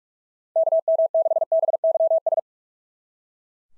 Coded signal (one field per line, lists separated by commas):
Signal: Morse code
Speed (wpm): 42 wpm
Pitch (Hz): 660 Hz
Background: none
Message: KM6BYS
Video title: SOTA QSO Practice 45wpm